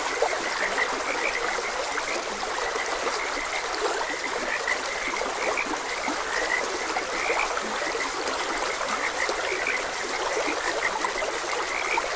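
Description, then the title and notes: Frogs calling together in quick, overlapping croaks, set against the steady babble of a trickling stream. Frogs croaking beside a gentle stream. "Frogs Croaking. Sleep and Relaxation Podcast"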